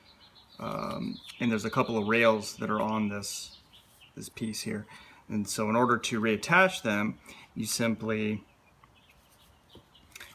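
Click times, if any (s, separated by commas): none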